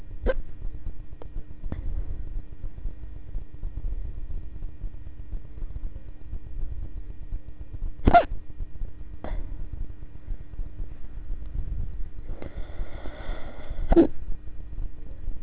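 An adult hiccupping: five sharp, abrupt hiccups at irregular intervals over a low background hum, with a brief voiced sound near the end.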